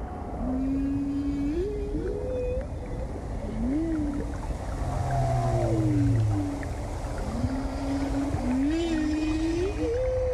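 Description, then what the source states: Whale song: a series of smooth rising and rising-falling moans, some overlapping, over constant low rumbling noise. Wild whales at sea, spouting and occasionally breaching while a boat follows them.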